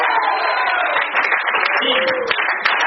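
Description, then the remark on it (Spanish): A church audience shouts hallelujah and cheers together in a loud, continuous wash of overlapping voices, with scattered claps mixed into the steady crowd roar. “Levanta la mano y grita un aleluya en esta hora.”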